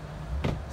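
A flip-up backrest on a boat seat of a 2020 Sea Ray SPX 230 Outboard is raised and snaps into its locked position, with a sharp click at 0.4 s over a low, steady background hum. The backrest is seated and locked in place.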